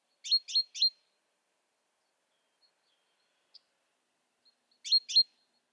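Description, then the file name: Great tit giving sharp, high chinking calls, a quick triplet at the start, then silence, then a quick pair near the end. "Parus major"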